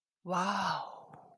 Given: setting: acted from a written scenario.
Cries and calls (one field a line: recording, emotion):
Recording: vocal sound without words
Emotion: awe